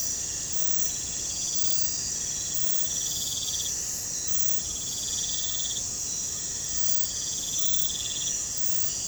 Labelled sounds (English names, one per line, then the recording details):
none
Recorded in pastures near Puerto Asís, Putumayo, Colombia, on 22 December 2024 at 01:30
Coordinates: 0.466, -76.322
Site G040